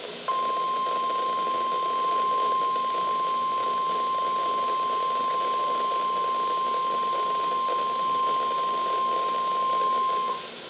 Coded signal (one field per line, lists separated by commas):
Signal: Emergency Alert System (SAME) tones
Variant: 1050 Hz attention tone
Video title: Severe Thunderstorm Warning on KEC55 (EAS #1088)